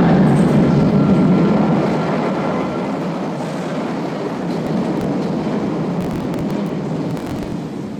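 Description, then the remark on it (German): A Berlin S-Bahn commuter train pulls into Jannowitzbrücke station with a steady, dense roar of wheels on rails, a faint high whine running through it and scattered metallic clicks, the noise easing slightly as it slows. “Klangbeispiel 27, Einfahren der S-Bahn”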